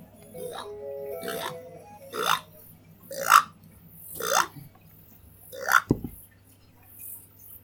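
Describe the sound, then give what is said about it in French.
Green frogs croak by a small pond in a slow series, about five or six raspy, belching calls spaced roughly a second apart, each rising sharply and fading, over a low steady hum, with no talking. “Auprès de la mare, il y a des insectes, de petites grenouilles, de grenouilles vertes qui croissent tout autour.”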